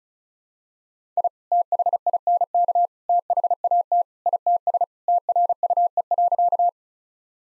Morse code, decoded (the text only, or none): I THINK THAT ITS TRUE.